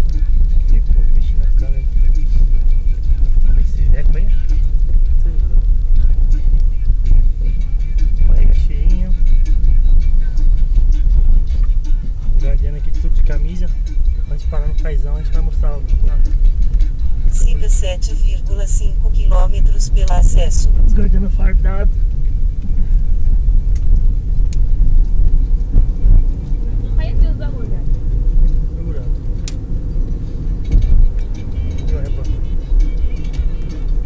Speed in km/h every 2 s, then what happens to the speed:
16, 16, 16, 16, 17, 14, 11, 15, 19, 21, 21, 23, 30, 42, 48, 56, 60.
0-13 steady at about 16. 13-34 speeds up to 60.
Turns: none.